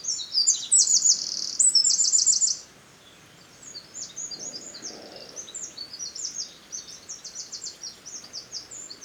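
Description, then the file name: Eurasian wren song: a loud, rapid high trill of buzzy, tightly packed notes for two seconds, then quieter scattered high chips and trills over steady background hiss. "Troglodytes troglodytes"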